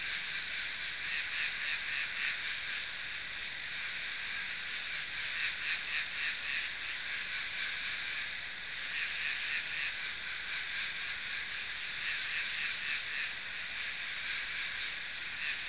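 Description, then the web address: Insect droning in a steady, dense, high buzz with a rapid, faintly pulsing texture, continuous without pauses throughout. "昆虫声音素材"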